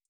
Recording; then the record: hydrophone in a shrimp aquaculture tank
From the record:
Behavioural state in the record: feeding